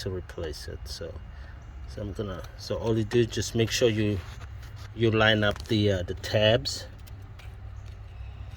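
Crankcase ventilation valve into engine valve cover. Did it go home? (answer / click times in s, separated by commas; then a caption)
no / none. A new plastic crankcase ventilation valve for a BMW is held on the engine valve cover with its tabs lined up, ready to be pushed down. Someone talks throughout over a steady low hum, with a brief faint sound near 7.4 seconds. Nothing has seated or clicked yet.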